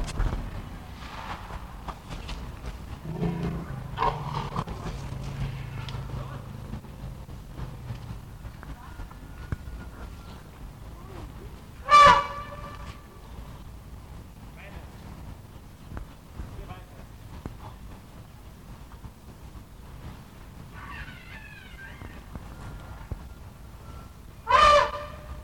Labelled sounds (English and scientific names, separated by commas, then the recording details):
Asian Elephant (Elephas maximus)
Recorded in captivity
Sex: pair
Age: adult
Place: Zoo Berlin, Berlin, DE
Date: 1960-02-27 14:00
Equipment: Reporter, Vollspur
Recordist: Tembrock, Günter